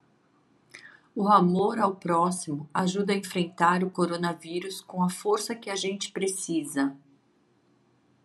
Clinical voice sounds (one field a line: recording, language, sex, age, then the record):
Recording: spoken sentence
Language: Brazilian Portuguese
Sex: female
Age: 40 to 49 years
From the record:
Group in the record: control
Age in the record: 48 years